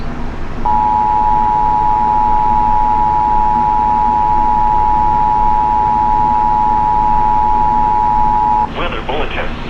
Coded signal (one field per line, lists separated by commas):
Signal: Emergency Alert System (SAME) tones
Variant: 853 and 960 Hz attention tone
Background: speech